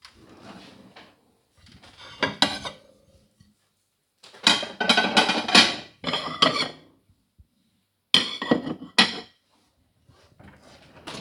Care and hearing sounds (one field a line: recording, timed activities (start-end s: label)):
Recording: household activities, microphone on the right wrist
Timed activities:
0.00-11.21 s: putting away the dishes